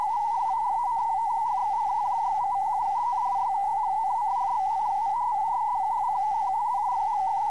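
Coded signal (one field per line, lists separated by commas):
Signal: multi-tone FSK (Olivia or MFSK type)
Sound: continuous warbling tone rapidly hopping among a few close pitches near 900 Hz, faint steady whistle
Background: radio hiss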